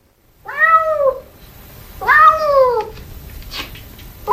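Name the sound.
cat meowing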